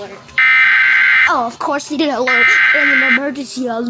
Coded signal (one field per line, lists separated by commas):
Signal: Emergency Alert System (SAME) tones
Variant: header bursts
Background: speech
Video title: ￼kayden ￼ react to EAS Scenario￼ scp 9143 Also known￼￼ clayranger143